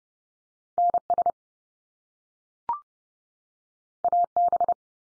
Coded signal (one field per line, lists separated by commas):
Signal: Morse code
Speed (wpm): 30 wpm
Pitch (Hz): 700 Hz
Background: none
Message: NS AB